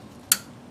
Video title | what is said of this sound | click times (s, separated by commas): 2014 Hyundai Santa Fe Sport Windshield Washer Fix | it down till it clicks you heard it click then | 0.3 s